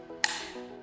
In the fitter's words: close the top of the handset you should hear a click